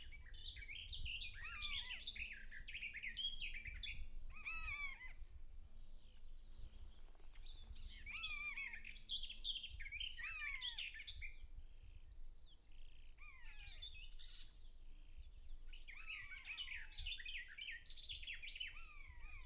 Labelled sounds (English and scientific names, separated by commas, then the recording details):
Common Buzzard (Buteo buteo) call
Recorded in the wild
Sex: pair
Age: adult
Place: Lohm, Havelland, Brandenburg, DE
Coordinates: 52.8839, 12.3572
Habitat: grassland
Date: 2007-05-19 06:05
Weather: heiter, 10°C, schwacher Wind
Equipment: Sound Devices 702, Sennheiser MKH 416-T, Windkorb
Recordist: Frommolt, Karl-Heinz